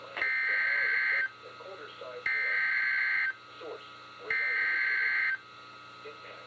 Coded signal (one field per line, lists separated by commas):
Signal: Emergency Alert System (SAME) tones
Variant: header bursts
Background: speech